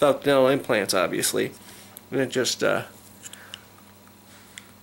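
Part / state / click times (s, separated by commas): night guard onto dental implant bridge / seated / 4.6 s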